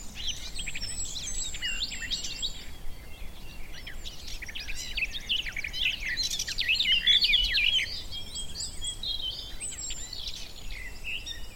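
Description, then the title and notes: Garden warbler song, a long, frenetic babble of fluty notes building to a dense flourish. Male garden warbler, a migrant, singing a fluted, rather frenetic song in spring on a scrubby hillside with hawthorns in bloom; recorded by Fergus Collins. "Sound escape 65: be enchanted by the little-known song of the garden warbler. the scrubby hillside hawthorns burst into bloom. a male garden warbler into his fluted song. Recorded by Fergus Collins"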